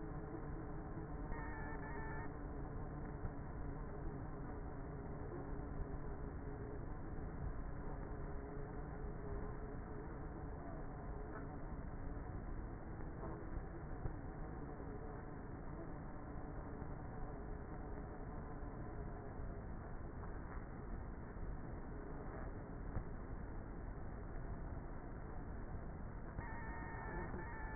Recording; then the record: honeybee colony, microphone inside the hive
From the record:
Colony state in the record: queenless with a low population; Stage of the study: before two queens were removed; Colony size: about 30,000 bees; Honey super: no